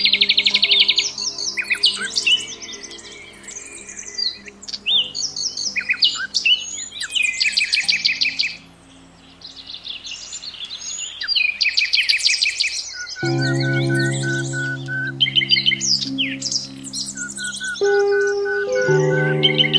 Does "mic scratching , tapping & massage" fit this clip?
no